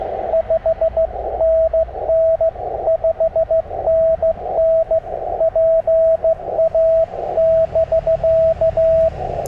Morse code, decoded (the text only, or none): 5NN 5NN PA <BK>